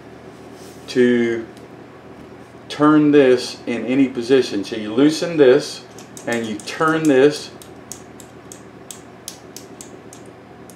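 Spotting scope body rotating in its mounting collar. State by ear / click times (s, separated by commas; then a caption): seated / 7.9 s, 8.5 s, 8.9 s, 9.3 s, 9.6 s, 9.8 s. Someone talks while an SV401 spotting scope's collar is loosened and the scope body is rotated in its mounting collar. Sharp clicks at 7.9, 8.5, 8.9, 9.3, 9.6 and 9.8 seconds mark the body seating into its detent positions, where it locks in place.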